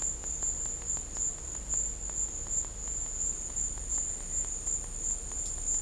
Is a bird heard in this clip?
no